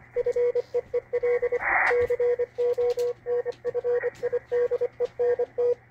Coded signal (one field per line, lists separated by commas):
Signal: Morse code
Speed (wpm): 25 wpm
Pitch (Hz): 480 Hz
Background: radio noise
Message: FEEL CONFIDENT